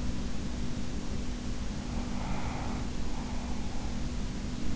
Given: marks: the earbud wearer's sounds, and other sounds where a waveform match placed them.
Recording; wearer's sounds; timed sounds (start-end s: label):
sounds in sleep by an in-ear microphone; breath
1.77-4.07 s: breath